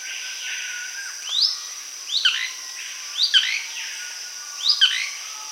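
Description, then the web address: Blue-crowned manakin calls: a few brief, slurred notes, singly and in pairs, over a steady insect hum. Recorded in South America. "Natures Songs S America Blue-crowned Manakin"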